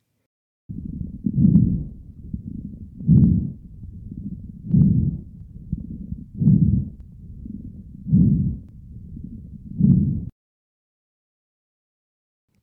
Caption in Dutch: Allereerst de crepitaties. Dit zijn knispergeluiden. Crepitaties zitten in tegenstelling tot ronchi in de kleine luchtwegen. Het wordt veroorzaakt door vocht of slijm in de bronchioli. Het kan een pneumonie zijn met opgehoopt slijm wat je hoort, maar het kan ook hartfalen zijn met vocht in de longen.